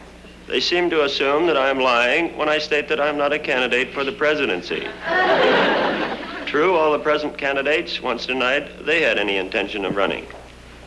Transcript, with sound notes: They seem to assume that I am lying when I state that I am not a candidate for the presidency.
(LAUGHTER)
True, all the present candidates once denied they had any intention of running.